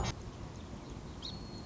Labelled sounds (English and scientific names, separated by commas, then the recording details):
Song Sparrow (Melospiza melodia)
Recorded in Sonoma County, California